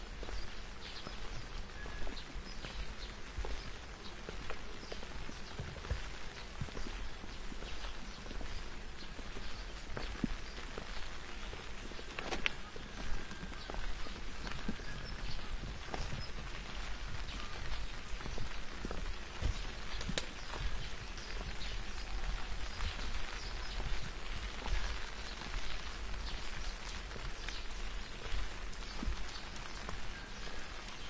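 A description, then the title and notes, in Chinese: Light rain falls steadily while someone walks along old, disused railway tracks. Dense, fine patter of drops fills the whole half-minute, with scattered sharper taps and small knocks, over a faint low rumble underneath. 在细雨中与爱人漫步在废旧铁轨上。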